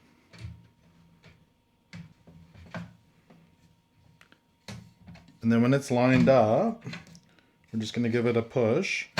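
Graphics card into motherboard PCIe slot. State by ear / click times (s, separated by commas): not seated / none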